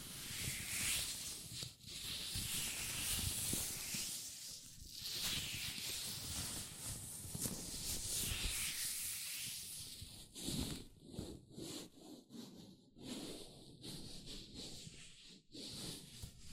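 Latex gloves rub and squeak against each other in a dense, hissy wash of friction that swells and fades over the first ten seconds. After about ten seconds the rubbing breaks into shorter, choppier strokes with brief silent gaps between them.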